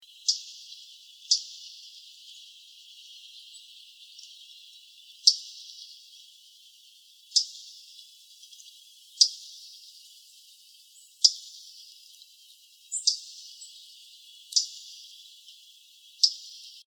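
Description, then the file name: Louisiana waterthrush giving sharp, high metallic chip notes, single and irregularly spaced, with a faint steady background hiss. Calls recorded in Arizona. "LOWA CALLS deviche"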